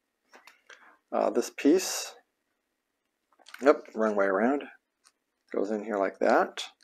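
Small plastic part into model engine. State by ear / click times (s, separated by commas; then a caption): not seated / none. A small plastic part is worked into position on a 1/12 scale Tamiya Honda CBR1000RR-R Fireblade SP model engine while someone talks, with faint handling clicks around 0.5 s and 3.3–3.5 s. Nothing has seated or clicked into place yet.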